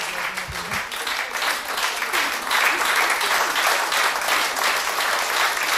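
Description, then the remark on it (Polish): Sustained audience applause for musicians at a Polish Radio Three (Trójka) event, a dense steady wash of many hands clapping that swells slightly midway and continues throughout without pause. “Wielkie dla Was brawa, wielki szacunek.”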